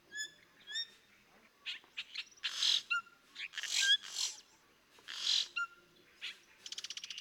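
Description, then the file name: Yellow-rumped cacique giving a varied series: clear whistled notes, then loud buzzy bursts and rapid ticking, changing from phrase to phrase. "Sonido Cacicus-cela"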